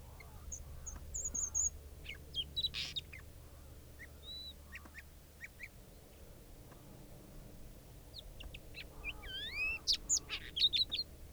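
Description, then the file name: Sabota lark song, short bouts of chips and looping whistled notes, a quiet pause in the middle, then a richer burst of slurred whistles near the end. Recorded at Halali. "Lark sabota halali"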